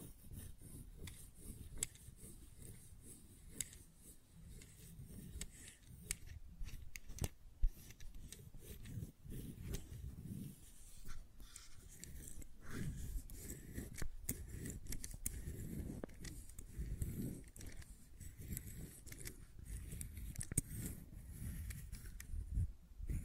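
Fidget cube tapping and clicking, with quick, irregular clicks and taps scattered densely throughout, some sharp and bright, others dull. Soft low rubbing and thumping sits underneath, swelling in places, and one sharper snap stands out near eight seconds.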